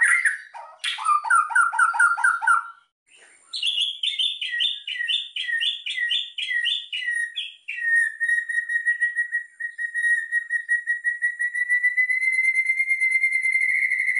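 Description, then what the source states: White-rumped shama whistling: fast rattling trills, then a run of repeated wavering notes, ending in a long steady whistled tone with rapid tremolo. Lure call used for trapping.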